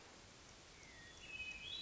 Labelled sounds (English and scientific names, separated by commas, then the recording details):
Hermit Thrush (Catharus guttatus)
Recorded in Sonoma County, California